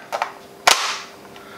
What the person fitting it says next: you can hear a nice positive click as it inserts